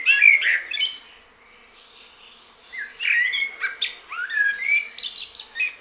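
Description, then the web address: Eurasian blackbird warbling: a fluty phrase, a short pause, then a longer run of rising notes and high twitters. "SETE data Turdus merula"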